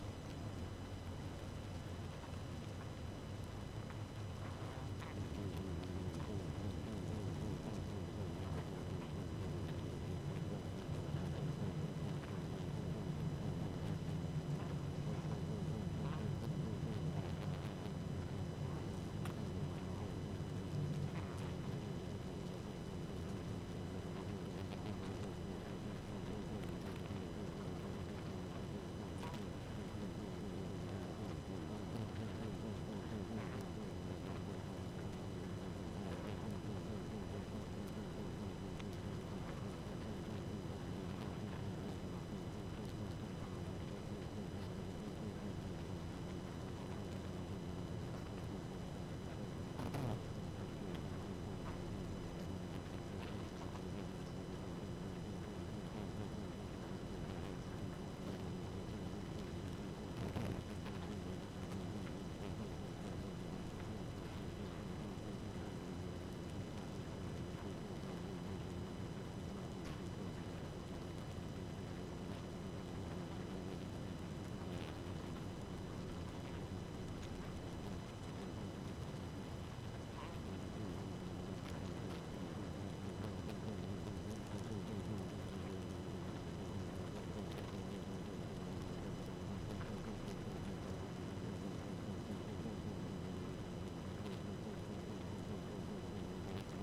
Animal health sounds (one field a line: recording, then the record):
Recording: honeybee colony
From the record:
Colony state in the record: active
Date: 12 June 2018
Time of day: 1:00